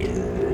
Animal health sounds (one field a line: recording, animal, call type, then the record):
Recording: contact call of a hoofed animal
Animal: pig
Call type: closed-mouth grunt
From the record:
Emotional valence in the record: negative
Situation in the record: short social isolation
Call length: 0.55 s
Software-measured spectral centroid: 1480 Hz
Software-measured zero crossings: 880 a second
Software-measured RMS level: -24 dBFS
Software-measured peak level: -13 dBFS